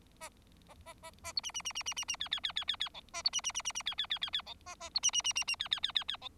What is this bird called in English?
Bengalese Finch